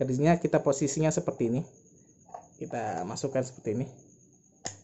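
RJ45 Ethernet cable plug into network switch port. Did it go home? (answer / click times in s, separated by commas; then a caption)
yes / 4.7 s. An RJ45 plug on a LAN cable is pushed into a network switch port until it latches. Someone talks at the start, and after a quieter stretch with small sounds a sharp click is heard at 4.7 s as the plug seats.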